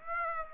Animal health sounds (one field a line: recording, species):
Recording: mosquito wingbeat signal from an infrared sensor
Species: Aedes aegypti